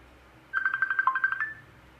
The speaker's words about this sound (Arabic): عم بترن علينا؟ هو بيرن علينا. هو بيرن علينا.